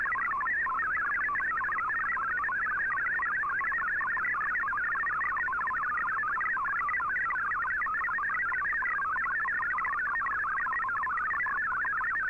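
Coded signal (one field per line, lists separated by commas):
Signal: multi-tone FSK (Olivia or MFSK type)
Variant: MFSK32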